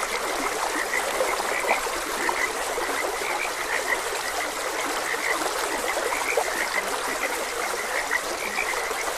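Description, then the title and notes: Frog chorus of quick repeated croaks layered together without pause, set against a continuous stream of running water. Frogs croaking beside a gentle stream. "Frogs Croaking. Sleep and Relaxation Podcast"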